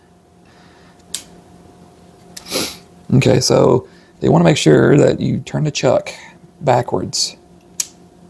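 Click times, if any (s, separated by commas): 7.8 s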